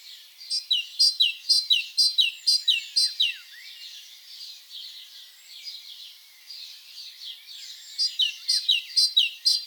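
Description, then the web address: Great tit song: a burst of rhythmic two-note phrases, a quieter stretch, then the same high-low phrases starting again. "SETE data Parus major"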